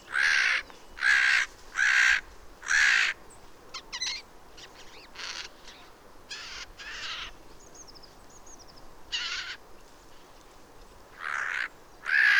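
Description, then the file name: Eurasian jay giving harsh, rasping screeches, four in a quick series, then scattered ones later, with faint thin notes from other birds between. "Garrulus glandarius"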